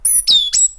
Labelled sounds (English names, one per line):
Stitchbird song